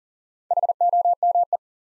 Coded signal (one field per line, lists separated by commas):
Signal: Morse code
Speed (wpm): 40 wpm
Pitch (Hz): 700 Hz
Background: none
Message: HOME